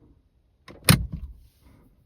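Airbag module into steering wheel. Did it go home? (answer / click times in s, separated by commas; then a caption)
yes / 0.7 s, 0.9 s. A driver airbag module is pressed by hand into a new steering wheel on a Porsche Panamera 971 until its retaining clips snap home. A sharp click sounds at 0.7 s and a louder one at 0.9 s, followed by a brief low rattle that fades by about 1.5 s. The module is seated.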